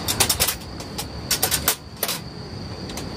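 A steel panel for a fire pit is worked into a campfire stand frame after the inner square is turned to face the right way, giving a run of sharp metallic knocks and taps around 0.2, 0.3, 1.4, 1.7 and 2.0 seconds over a steady faint hiss. Nothing has seated or clicked into place yet when the clip ends.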